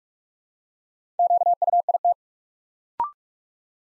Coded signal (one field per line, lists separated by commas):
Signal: Morse code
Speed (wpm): 44 wpm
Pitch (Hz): 700 Hz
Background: none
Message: QUIT